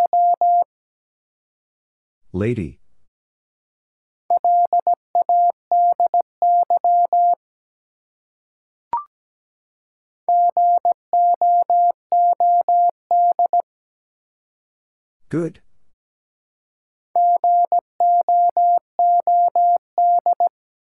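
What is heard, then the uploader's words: Morse code beeps at a single steady mid pitch, sent in rapid bursts of short and long tones, in groups around 0–1.5, 4.5–7.5, 10.5–13.5 and 17–20.5 seconds. Between groups come short noisy swooshes near 2.5 and 15.5 seconds and a brief click around 9 seconds. Four Letter Words - 17wpm. First, the word is sent in Morse code.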